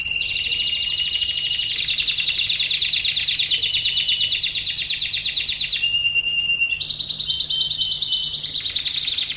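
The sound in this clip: Domestic canary delivering an unbroken run of fast rattling trills and bright whistled notes, shifting tour to tour at a high, even pitch.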